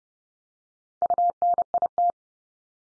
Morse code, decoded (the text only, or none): UNIT